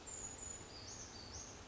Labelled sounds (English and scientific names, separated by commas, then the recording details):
Brown Creeper (Certhia americana)
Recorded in Sonoma County, California